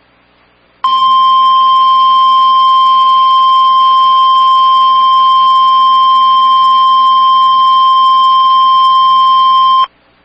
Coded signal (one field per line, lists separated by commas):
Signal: Emergency Alert System (SAME) tones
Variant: 1050 Hz attention tone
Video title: SVR Party and The Return Of Da Floods| EAS Alerts from 6/20-6/22-20 (EAS #29-39)